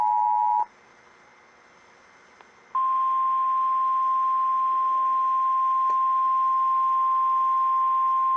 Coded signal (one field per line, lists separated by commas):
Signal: Emergency Alert System (SAME) tones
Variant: 853 and 960 Hz attention tone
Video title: EAS 804 Flagstaff AZ RWT